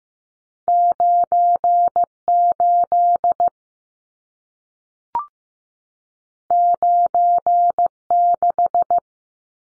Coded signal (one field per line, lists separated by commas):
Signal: Morse code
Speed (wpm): 15 wpm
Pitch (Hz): 700 Hz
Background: none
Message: 98 96